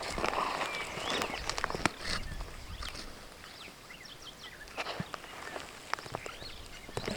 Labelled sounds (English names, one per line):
Superb Starling flight call